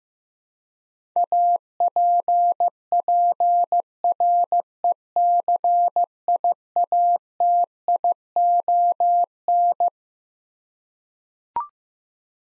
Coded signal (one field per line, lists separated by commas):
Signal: Morse code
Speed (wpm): 15 wpm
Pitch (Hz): 700 Hz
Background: none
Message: APPRECIATION